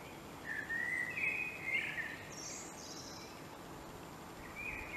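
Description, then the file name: Common blackbird song: a rich, fluty warbling phrase that ends in a thin, high twitter, with a short fluty note following, against soft steady hiss. "Turdus merula"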